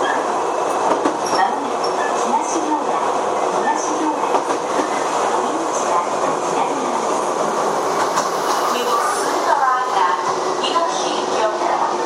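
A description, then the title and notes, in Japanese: A Chichibu Railway 7500 series train runs between Hanyu and Kumagaya, its steady rumble and rattle filling the ride without pause. Faint voices murmur through the noise, and a few brief squeals and clicks surface now and then, especially near the end. 秩父鉄道7500系 羽生ー熊谷。秩父鉄道本線 羽生→熊谷の区間で録音。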